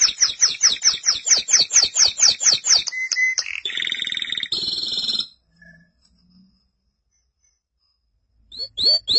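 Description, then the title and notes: Canary song: a fast series of repeated sharp descending chips for about three seconds, then buzzy rolling trills, a pause, and new chips at the end. "BM Suara Burung Kenari"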